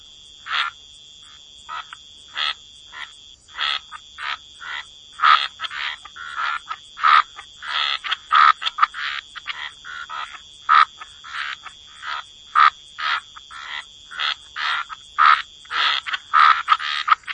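Frogs calling in a chorus, many short croaking notes repeated over a steady high-pitched hum.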